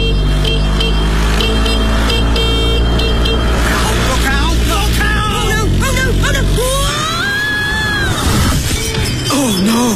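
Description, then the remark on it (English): A motor engine drones steadily, then a clattering crash and breaking sounds erupt amid blaring horns and raised, shouting voices as a woman falls off her moped in road traffic. “She's fallen off her moped.”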